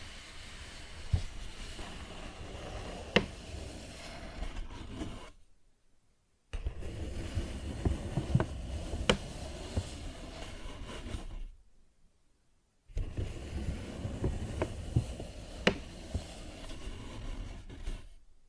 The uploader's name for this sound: Paper Bag Tapping and Scratching Sounds